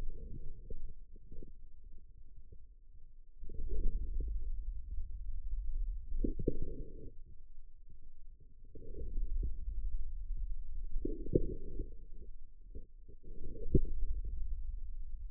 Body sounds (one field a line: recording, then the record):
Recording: forearm muscle sounds (acoustic myography)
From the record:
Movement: inward rotation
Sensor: system 2, bracelet of six BSWA MPA416 microphones around the upper forearm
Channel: 4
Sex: male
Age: 22 years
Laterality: right